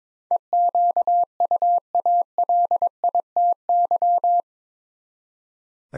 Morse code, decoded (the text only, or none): EQUALITY